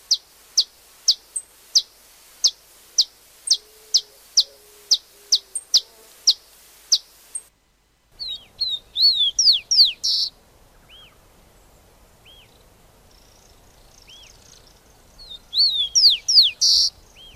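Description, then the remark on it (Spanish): Rufous-collared sparrow song: clear, high, slurred whistles ending in a bright buzzy trill, repeated twice, after a run of evenly spaced sharp chip notes. “Bueno, estamos escuchando ahora el chingolo.”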